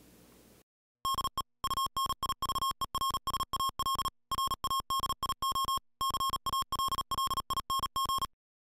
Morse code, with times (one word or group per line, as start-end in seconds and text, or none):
1.1-1.4 DE
1.6-4.1 UNIVERSAL
4.3-5.8 RADIO
6.0-8.2 CALLING